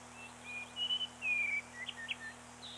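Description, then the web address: Bird gives clear whistled notes followed by a longer falling whistle, then quick soft chirps, against quiet background noise and low hum. "birdsong 25 05 94 gularis 18 XII"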